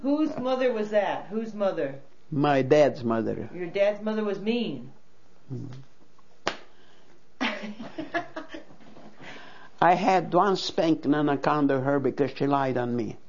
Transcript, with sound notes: Whose mother was that? Whose mother?
My dad's mother.
Your dad's mother was mean. ( she laughs )
I had one spanking on account of her because she lied on me.